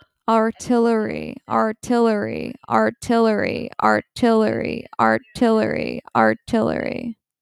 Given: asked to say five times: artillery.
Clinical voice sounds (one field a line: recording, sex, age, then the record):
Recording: repeated word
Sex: female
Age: 20 to 29 years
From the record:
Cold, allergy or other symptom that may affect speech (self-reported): no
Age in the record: 24 years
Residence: New Jersey, United States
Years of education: 18